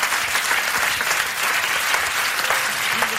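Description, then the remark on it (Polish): Steady, dense applause from an audience at an award presentation for actress Jaśmina Polak, a continuous wash of many hands clapping at an even loudness throughout, with no voices standing out. “Wielkie brawa.”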